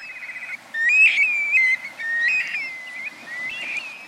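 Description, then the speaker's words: Black-bellied Plover calls, slurred whistles in quick succession, opening with a short trill. Young black-bellied plovers migrating south together in a small flock. "shorebirds are social birds, so it joins other young black-bellied plovers as they make their way south."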